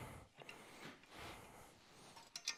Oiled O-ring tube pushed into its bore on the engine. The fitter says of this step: little nerve-wracking because you don't want it to be wrong, but nope. Clearly felt good. We hear the old clunk.